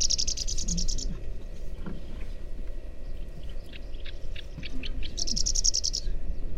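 Horsfield's bushlark song: two high, buzzy, rattling bursts about a second long, at the start and near the end, with scattered short chips between over a steady low rumble.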